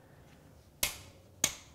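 A click-type torque wrench is pulled through on the next car wheel lug nut in the star pattern, after it was pre-tightened, until it clicks at the set torque. Two sharp, bright clicks ring out at 0.8 s and 1.4 s against a quiet background. The lug nut is confirmed torqued.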